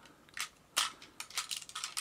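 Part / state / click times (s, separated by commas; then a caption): toy armor section onto jet body / seated / 0.8 s. A plastic armor section of a Brave Fighter of Sun Fighbird Great Fighbird DX transforming robot toy is clipped over the jet body to give the jet mode its power-up. A faint plastic tick comes at 0.4 s, then a sharp, loud snap at 0.8 s as the section locks into place, followed by smaller plastic clicks and rattles. The section is seated.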